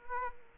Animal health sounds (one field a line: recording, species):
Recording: mosquito wingbeat signal from an infrared sensor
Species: Aedes aegypti